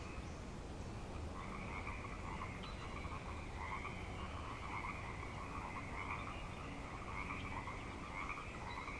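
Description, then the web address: Frog chorus of many overlapping croaking trills, continuous and unbroken throughout, with steady low background rumble. Frog chorus at Grafton Lake, recorded 3 May 2009. "The Frog Chorus Tunes Up On Grafton Lake frogs 090503"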